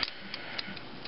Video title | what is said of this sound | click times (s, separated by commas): Building a Gaming Computer part 5 | they just snap right into place same goes for the hard drives and in the optical drives | 0.0 s, 0.6 s